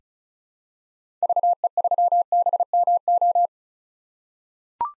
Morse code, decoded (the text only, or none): VE3BMO